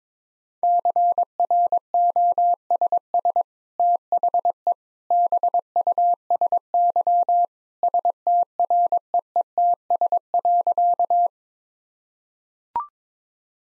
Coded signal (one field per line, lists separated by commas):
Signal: Morse code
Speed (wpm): 22 wpm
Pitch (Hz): 700 Hz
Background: none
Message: CROSS THE BUSY STREETS.